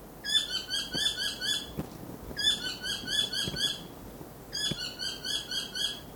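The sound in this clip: South Island saddleback song: three bursts of fast, evenly repeated chattering notes, each lasting over a second, separated by brief pauses.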